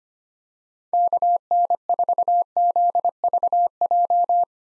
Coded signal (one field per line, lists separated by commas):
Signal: Morse code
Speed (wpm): 25 wpm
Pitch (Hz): 700 Hz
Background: none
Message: KN4ZVJ